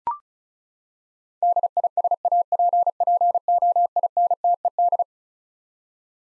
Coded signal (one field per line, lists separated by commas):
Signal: Morse code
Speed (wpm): 36 wpm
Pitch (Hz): 700 Hz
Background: none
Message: DISAPPOINTED